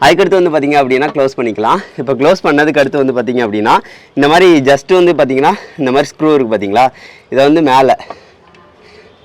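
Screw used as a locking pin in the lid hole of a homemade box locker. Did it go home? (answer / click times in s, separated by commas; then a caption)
yes / 8.5 s. A loose screw is dropped into a hole on top of the lid of a homemade secret money locker box to act as a locking pin. Someone talks for most of the clip, then a short click is heard at 8.6 s as the screw drops into the lid hole and the box locks.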